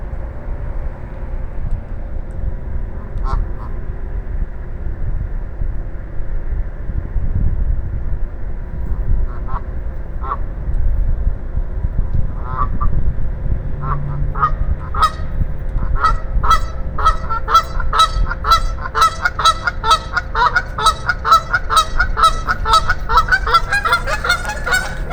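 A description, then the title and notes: Geese start with a few scattered honks, then from about fifteen seconds their calls build into a dense, overlapping chorus of sharp, bright honks. A low steady rumble and a constant hum run underneath throughout. Geese taking flight in a parking lot. We follow a pair of geese as they pull away from the gate, taxi to the runway, and finally receive clearance for liftoff. This was filmed from in between Compare Foods and the abandoned movie theater off Avondale Drive.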